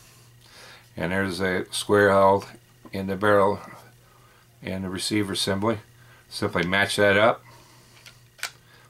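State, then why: Seated. Someone talks while the steel barrel-receiver assembly of a Ruger Mark III 22/45 .22 pistol is matched to the square lug on the polymer grip frame, then pushed down and back. A sharp click at 8.4 s marks the assembly locking into place, seated on the grip frame.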